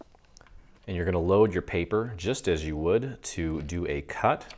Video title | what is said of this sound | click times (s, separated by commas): Using Single Line Fonts and the Pen Tool with Cricut Design Space To Enhance Your Cards | for your pen you just pop it in until you hear it click lock it in place | 0.4 s